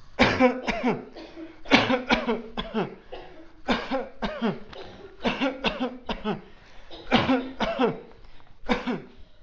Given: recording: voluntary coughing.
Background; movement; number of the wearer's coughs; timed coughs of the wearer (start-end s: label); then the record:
a bystander coughing; walking; 13
0.17-0.63 s: cough
0.66-0.99 s: cough
1.69-2.05 s: cough
2.08-2.48 s: cough
2.57-2.85 s: cough
3.67-4.02 s: cough
4.20-4.60 s: cough
5.23-5.63 s: cough
5.63-5.91 s: cough
6.05-6.37 s: cough
7.10-7.44 s: cough
7.59-7.98 s: cough
8.67-9.09 s: cough
From the record:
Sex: male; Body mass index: 20.6 kg/m2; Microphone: on the chest, facing outward